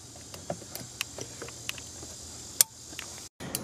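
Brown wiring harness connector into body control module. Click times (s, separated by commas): 2.6 s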